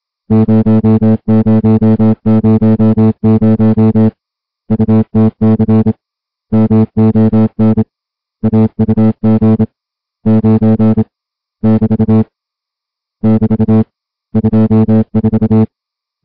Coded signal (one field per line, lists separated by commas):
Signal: Morse code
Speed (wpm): 26 wpm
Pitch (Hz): 220 Hz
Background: music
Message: 0000 UTC MON AUG 9 <BT> <BT> 24